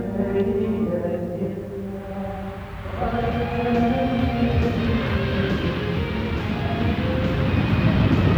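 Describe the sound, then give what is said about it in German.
A jet aircraft engine drones steadily with layered whining tones, then swells into a louder, fuller roar that holds constant to the end. “Ein magischer Sprung mit dem Jet.”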